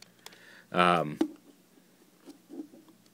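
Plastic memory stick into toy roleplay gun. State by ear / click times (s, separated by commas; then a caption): seated / 0.0 s, 0.3 s. With the power switched off, a plastic memory stick is pushed into a Kamen Rider W DX Trigger Magnum toy roleplay gun, giving two small mechanical clicks from the memory itself at 0.0 s and 0.3 s. The memory seats in the gun, and afterward someone talks.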